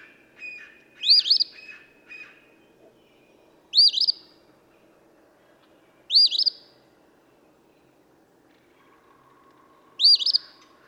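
Eastern phoebe song: four short raspy two-part phrases at irregular intervals, with a few faint chips near the start.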